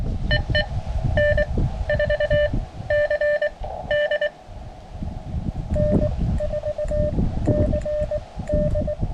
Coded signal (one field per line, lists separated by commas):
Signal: Morse code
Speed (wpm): 19 wpm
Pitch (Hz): 590 Hz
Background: music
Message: EE N4CD N4CD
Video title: Georgia State Parks on the Air Contest Highlights - POTA, Camping, Hiking, Photos, and Gear